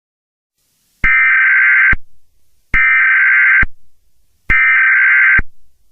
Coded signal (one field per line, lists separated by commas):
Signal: Emergency Alert System (SAME) tones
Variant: header bursts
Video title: EAS Scenario #8: Light's Rampage pt II; The Derailment/The Beginning Of The Best Part